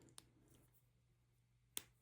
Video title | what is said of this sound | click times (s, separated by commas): Apple Watch Ultra 3 Unboxing: Black! | And then this is supposed to just click into place | 1.8 s